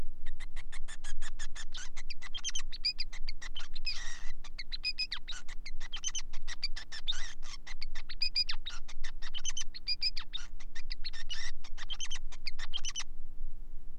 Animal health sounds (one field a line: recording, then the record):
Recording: song of a male Bengalese finch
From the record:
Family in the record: son of father 5